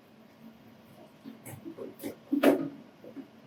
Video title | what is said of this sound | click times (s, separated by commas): BestCode Replacing the Ink Tank | just going to go ahead and push back the Venturi until it snaps in. | 2.4 s